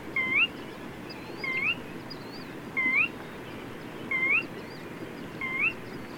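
Bird giving five brisk upslurred whistles, about 1.3 seconds apart.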